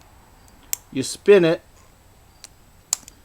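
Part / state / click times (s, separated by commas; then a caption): resin injector plunger into windshield repair kit holder / seated / 2.9 s. The resin injector plunger of a Permatex windshield chip repair kit is pushed to the top of its holder and spun until the plastic locking mechanism locks into place, while someone talks. A sharp tick at 0.7 s precedes the voice, and faint clicks follow at about 2.4 s and 3.1 s. The strongest click, at 2.9 s, comes during the spin and marks the plunger seating and locking into place.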